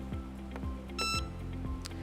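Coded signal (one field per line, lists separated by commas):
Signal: beep code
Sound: a single short electronic beep over low humming tones and clicks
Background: background music, clicks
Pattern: 1 short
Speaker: When you hear one beep, it indicates for 1 hour.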